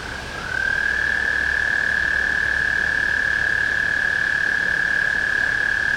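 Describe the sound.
Tree frog calling with a sustained rapid trill that rises slightly as it begins, then holds a level high buzz to the end against light hiss.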